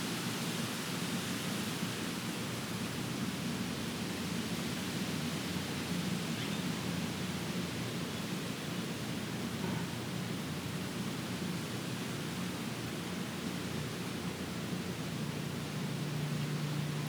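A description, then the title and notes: Wind rushes through trees in a steady, dense hiss that holds nearly level for the whole stretch, with its weight in the low and middle range. Faint, brief tonal streaks surface around six and sixteen seconds, but no distinct gust stands out. Wind in the trees. A warm windy day with occasional gusts happening every five to ten minutes.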